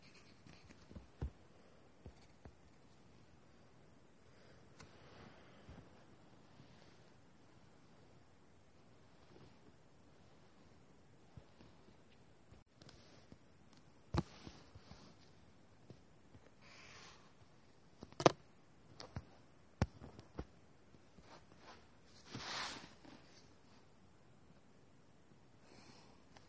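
Drawing and writing sounds: quiet, sparse scratches and soft taps over a low hiss, with sharp clicks scattered throughout. Activity picks up after the midpoint, with brighter strokes around 14, 18 and 20 seconds and a longer scraping sweep near 22 seconds.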